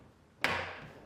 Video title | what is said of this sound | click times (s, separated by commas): Large items not cleaning? How to Attach or Replace a Bosch Dishwasher Water Spray Head | Simply attach and rotate clockwise to lock into place. | 0.4 s